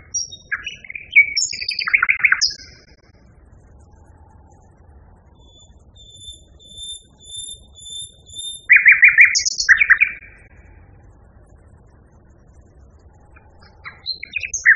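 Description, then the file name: Common nightingale song in varied phrases: harsh buzzy bursts, a thin whistled note run repeated high and evenly, then rich churring trills and short whistles, with gaps between. Song variation. "kicauan-nightingale-b-variasi 5-omkicau"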